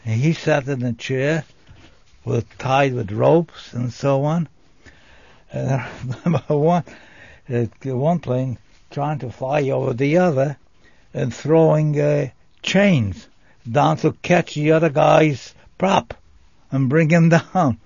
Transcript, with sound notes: And he sat in a chair, was tied with ropes and so on. [Laughs] The one plane trying to fly over the other, and throwing chains down to catch the other guy's prop and bring him down.